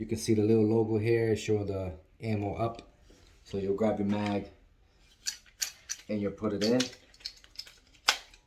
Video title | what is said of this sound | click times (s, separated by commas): 9mm Ammo Fast Loader | it will click right in | 8.1 s